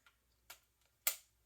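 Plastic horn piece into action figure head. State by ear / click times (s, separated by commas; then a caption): seated / 1.1 s. A second plastic horn piece is fitted into an action figure's head. A few faint ticks lead up to a sharp, bright click at 1.1 s as the horn seats in place.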